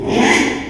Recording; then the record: squeal of a Yucatan mini pig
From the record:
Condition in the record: after surgery on the right vocal fold (resection and tissue-engineered implant); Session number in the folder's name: 4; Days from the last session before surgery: 42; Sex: male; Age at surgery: 12 weeks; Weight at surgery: 13 kg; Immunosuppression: cyclosporine, prednisolone